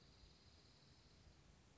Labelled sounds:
Dark-eyed Junco (Junco hyemalis)
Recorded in Sonoma County, California

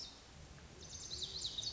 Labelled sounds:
Lazuli Bunting (Passerina amoena)
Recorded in Sonoma County, California

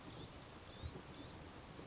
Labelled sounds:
Blue-gray Gnatcatcher (Polioptila caerulea)
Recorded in Sonoma County, California

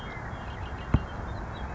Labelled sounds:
Red-winged Blackbird (Agelaius phoeniceus)
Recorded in Sonoma County, California

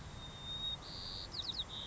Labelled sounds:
White-crowned Sparrow (Zonotrichia leucophrys)
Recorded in Sonoma County, California

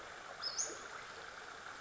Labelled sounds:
Western Flycatcher (Empidonax difficilis)
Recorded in Sonoma County, California

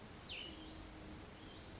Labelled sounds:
Cassin's Vireo (Vireo cassinii)
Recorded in Sonoma County, California

